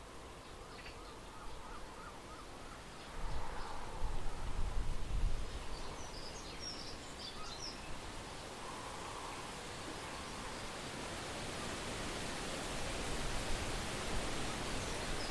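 Steady wind hiss fills the whole stretch, with low gusty rumbles swelling around three to six seconds. Faint bird chirps come through early on, and a brief cluster of high twitters appears near six seconds before the wind settles back.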